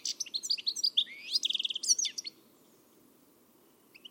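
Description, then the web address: Bird chirping calls, a quick run of bright, high notes with some buzzy trills for about two seconds, then quiet before a few faint chirps near the end. "Deverinetal. Bird Only"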